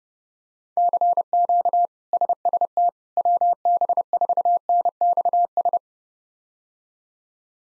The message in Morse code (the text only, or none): CQ SST WB4NXS